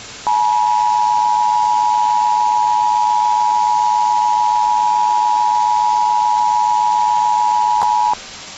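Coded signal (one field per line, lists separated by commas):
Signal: Emergency Alert System (SAME) tones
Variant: 853 and 960 Hz attention tone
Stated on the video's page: Fictional EAS scenario made with iMovie, containing valid tones; not a real alert.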